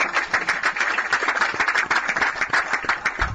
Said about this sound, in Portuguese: Mas tá certo, obrigado, meia dúzia, bateu palma, tá certo.